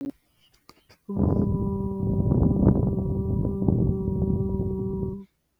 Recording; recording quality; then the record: sustained vowel as in boot; poor, much background noise or distortion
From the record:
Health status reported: healthy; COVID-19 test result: negative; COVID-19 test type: RT-PCR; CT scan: not taken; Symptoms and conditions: none ticked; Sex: female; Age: 30 years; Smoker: no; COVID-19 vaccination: one dose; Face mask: not worn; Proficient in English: yes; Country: India